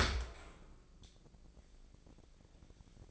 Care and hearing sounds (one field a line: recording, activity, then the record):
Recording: daily activity, microphone in the room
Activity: open dishwasher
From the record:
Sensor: 5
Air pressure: 1012.4 hPa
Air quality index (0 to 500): 159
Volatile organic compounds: 2 ppm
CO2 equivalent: 1079 ppm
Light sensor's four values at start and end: 115/277/117/131 and 113/273/115/129